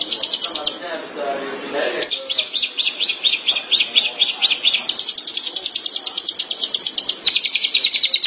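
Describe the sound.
Long-tailed Shrike song: brief chatter, a pause filled with softer low sounds, then from two seconds a steady run of quick, high, rhythmic chattering notes.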